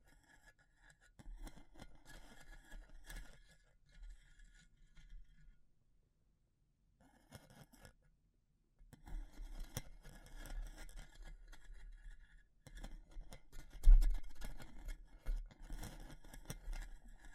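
Wood, bamboo and straw being handled, with crinkly scraping and snipping sounds in uneven bursts. Activity runs from about one to six seconds, pauses, returns briefly near seven, then grows denser and louder from nine seconds on, with a sharp knock around fourteen.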